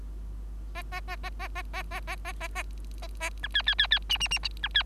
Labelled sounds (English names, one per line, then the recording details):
Bengalese Finch song
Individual Bird3